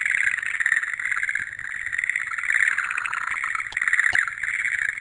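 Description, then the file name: Frogs in full chorus, a churning pulsed trill with louder bursts near the start and end, and a couple of sharp clicks. "kaeru"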